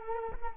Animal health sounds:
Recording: mosquito wingbeat signal from an infrared sensor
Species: Culex quinquefasciatus

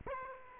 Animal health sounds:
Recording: mosquito wingbeat signal from an infrared sensor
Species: Aedes aegypti

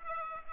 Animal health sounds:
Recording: mosquito wingbeat signal from an infrared sensor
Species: Culex pipiens

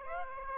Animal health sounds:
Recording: mosquito wingbeat signal from an infrared sensor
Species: Aedes aegypti

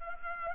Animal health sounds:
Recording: mosquito wingbeat signal from an infrared sensor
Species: Culex pipiens

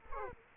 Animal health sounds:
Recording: mosquito wingbeat signal from an infrared sensor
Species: Culex quinquefasciatus

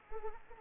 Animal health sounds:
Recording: mosquito wingbeat signal from an infrared sensor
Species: Anopheles arabiensis

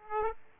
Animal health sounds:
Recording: mosquito wingbeat signal from an infrared sensor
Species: Aedes aegypti

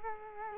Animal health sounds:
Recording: mosquito wingbeat signal from an infrared sensor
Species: Culex quinquefasciatus

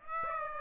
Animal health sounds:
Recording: mosquito wingbeat signal from an infrared sensor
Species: Aedes aegypti

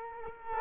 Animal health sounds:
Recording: mosquito wingbeat signal from an infrared sensor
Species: Culex quinquefasciatus

